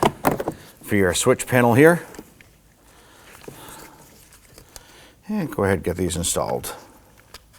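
Someone talks while handling the front door panel of a 2015-2024 Nissan Murano, getting the wiring for the switch panel and the plastic panel retaining clips ready to be pushed into the door frame. Short, light plastic taps and knocks are heard between the talking. Nothing has clicked into place yet; the clips have not seated.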